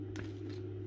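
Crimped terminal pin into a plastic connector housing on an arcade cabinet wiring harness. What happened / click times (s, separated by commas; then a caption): The terminal pin clicked into the connector housing / 0.2 s. A crimped metal terminal pin is slid from underneath into a plastic connector housing on an Atari Asteroids arcade cabinet wiring harness, and a short, sharp click at 0.2 s marks its little locking tabs catching. A softer rustle follows around 0.5 s over a steady low hum, and the pin is seated.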